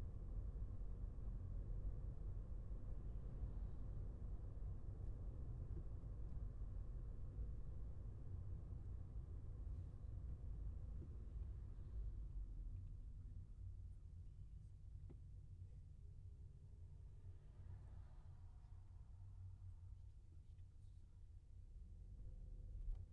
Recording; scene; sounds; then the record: everyday scene through a hearing-aid microphone; in a vehicle; engine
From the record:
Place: Skoda Fabia, gasoline engine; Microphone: behind the ear, left, rear